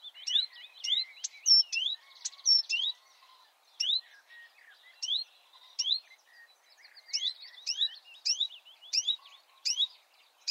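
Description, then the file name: Marsh warbler song, sharp rising whistles and quick chirps alternating with short trills, delivered steadily without long pauses. "suara-kicauan-burung-marsh-warbler -omkicau"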